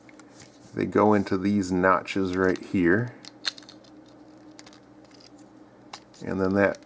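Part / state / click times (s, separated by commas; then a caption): plastic front cone piece onto the front of a toy figure / not seated / none. A plastic front cone piece for the front of a transforming robot toy figure, a Transformers Titans Return Brainstorm, is handled with its slots lined up to notches on the figure while someone talks. Small sharp plastic ticks and handling taps are heard, but nothing has seated or clicked into place yet.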